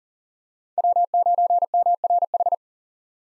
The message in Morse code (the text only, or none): W9MRH